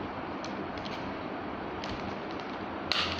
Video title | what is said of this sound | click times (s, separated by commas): Lord of the Rings Deluxe Fell beast toy | that's a nice click that has that bad boys in that is | 2.9 s